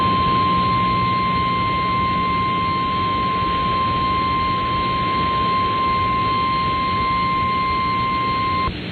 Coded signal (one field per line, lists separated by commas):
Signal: Emergency Alert System (SAME) tones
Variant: 1050 Hz attention tone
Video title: Tornado Warning (Collier and Hendry Counties, FL) (10/9/24) [EAS #58]